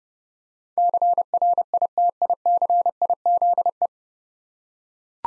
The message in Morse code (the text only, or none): CRITICIZE